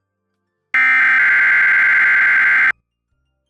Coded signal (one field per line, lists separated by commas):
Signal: Emergency Alert System (SAME) tones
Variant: header bursts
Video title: Required Weekly Test! (EAS #147) 01/29/2025 WXL51